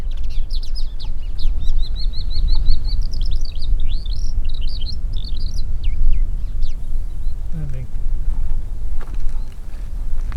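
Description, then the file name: Raso lark calls: a fast run of high, even chirps followed by twisting, slurred notes, over a steady low background rumble. Recorded 20 October 2011. "alauda razae 20-10-2011"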